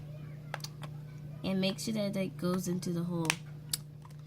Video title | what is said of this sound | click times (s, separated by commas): Putting Together The Math Facts Modular Flips Charts | make sure that you hear the snap sound it | 0.5 s